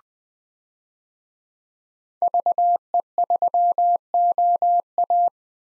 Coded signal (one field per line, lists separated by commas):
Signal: Morse code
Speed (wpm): 20 wpm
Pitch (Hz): 700 Hz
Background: none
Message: VE3OA